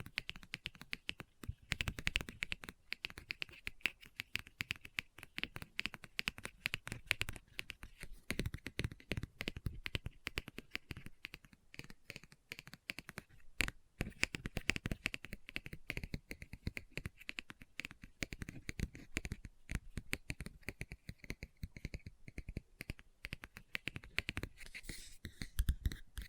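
Rapid tapping and scratching on a book, a dense run of sharp, crisp clicks and scrapes that continues without pause for the whole stretch. The strokes come quickly and unevenly, with brief quieter gaps around ten and fourteen seconds and a brighter rustle near the end.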